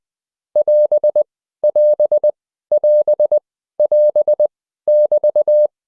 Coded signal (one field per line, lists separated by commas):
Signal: Morse code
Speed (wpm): 20 wpm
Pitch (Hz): 3300 Hz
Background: none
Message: <AS> <AS> <AS> <AS> <BT>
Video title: 【シン・モールス講座】2-18 [AS] [BT] [ZM]